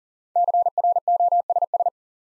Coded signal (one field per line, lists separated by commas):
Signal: Morse code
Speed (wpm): 40 wpm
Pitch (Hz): 700 Hz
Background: none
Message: CROSS